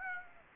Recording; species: mosquito wingbeat signal from an infrared sensor; Aedes aegypti